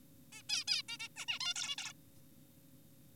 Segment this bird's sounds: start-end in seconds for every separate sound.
0.33-0.43, 0.49-0.64, 0.68-0.82, 0.89-0.98, 1.00-1.09, 1.17-1.26, 1.28-1.39, 1.41-1.54, 1.56-1.76, 1.78-1.93